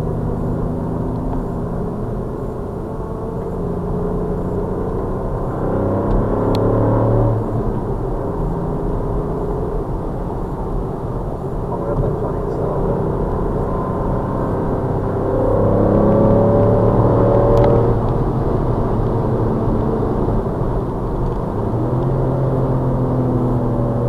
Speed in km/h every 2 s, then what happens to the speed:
63, 69, 69, 85, 95, 97, 100, 106, 116, 124, 118, 108.
0-8 speeds up to 95. 11-17 speeds up to 124. 17-24 slows to 108.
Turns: none.